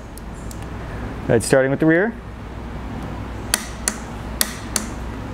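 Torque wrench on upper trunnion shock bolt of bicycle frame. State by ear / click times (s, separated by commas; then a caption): torque reached / 3.5 s, 3.9 s, 4.4 s, 4.8 s. A click-type torque wrench set to 16 Nm tightens the rear upper trunnion shock bolt on a mountain bike frame. Someone talks briefly, then the wrench gives sharp clicks at 3.5, 3.9, 4.4 and 4.8 seconds as it reaches its setting, confirming the bolt is torqued.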